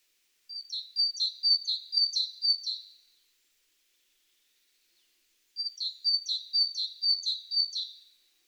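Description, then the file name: Great tit song: two bursts of several quick, high two-note phrases each, sharply repeated, separated by a silent gap of roughly two seconds. "Parus major"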